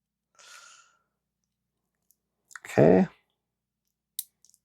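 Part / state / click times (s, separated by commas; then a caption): plastic clip onto RC car suspension arm / seated / 4.2 s. A plastic clip is pressed onto a suspension arm of a 3Racing Sakura D6 RC car chassis. After a soft rustle and someone talking, it snaps into place with a sharp click at 4.2 s, followed by a few faint ticks. The clip seats well.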